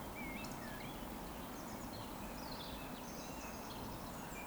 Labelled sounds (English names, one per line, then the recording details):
Eurasian Woodcock
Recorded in Baden-Württemberg, Germany, on 16 June 2020 at 19:45 UTC
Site 14569, 102 m above sea level